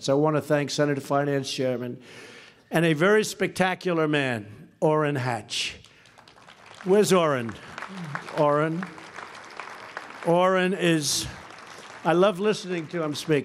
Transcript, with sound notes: I want to thank Senate Finance Chairman—and a very spectacular man—Orrin Hatch. (Applause.) Where’s Orrin? Orrin. Orrin is—I love listening to him speak.